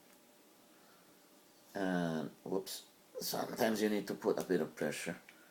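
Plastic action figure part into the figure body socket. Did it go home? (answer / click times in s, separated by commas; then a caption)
no / none. A plastic part of a Masters of the Universe Classics Rotar/Twistoid action figure is being pressed into its socket in the figure's body, with extra pressure applied after a slip. Someone talks throughout over quiet background noise. Nothing has seated or clicked yet; the part is not home by the end.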